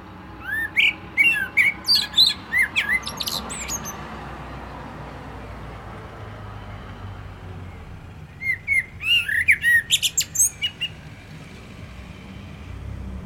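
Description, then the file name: Common blackbird singing two bursts of looping whistled notes and sharp high twitters, separated by a long gap, over a constant low rumble. "Turdus merula"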